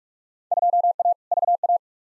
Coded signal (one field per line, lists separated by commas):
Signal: Morse code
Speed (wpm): 43 wpm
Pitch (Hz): 700 Hz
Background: none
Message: 2A VA